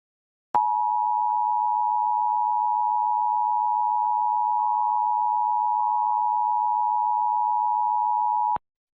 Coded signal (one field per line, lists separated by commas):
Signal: Emergency Alert System (SAME) tones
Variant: 853 and 960 Hz attention tone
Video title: San Francisco Required Monthly Test (EAS #1245-1257) 9/13/23